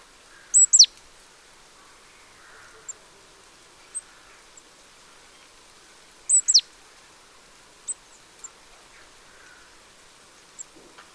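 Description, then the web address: Great tit calling with paired high notes that sweep steeply downward, twice about six seconds apart, with tiny faint ticks between over a quiet background hiss. "pub SETE data Parus major"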